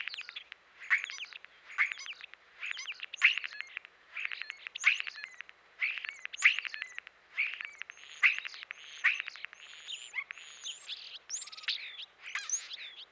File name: dan-gibsons-solitudes european-starling